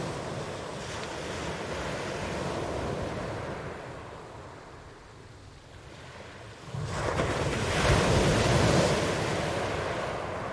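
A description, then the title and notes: Ocean waves wash in a continuous low rumble, easing to a quieter lull around the middle. Near seven seconds a fresh wave surges in, louder and brighter with hissing foam that peaks around eight to nine seconds. Wind buffets the microphone throughout. Soothing Sounds of Ocean Waves.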